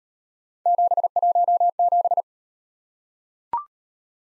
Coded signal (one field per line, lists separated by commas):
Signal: Morse code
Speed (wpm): 39 wpm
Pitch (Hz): 700 Hz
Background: none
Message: 717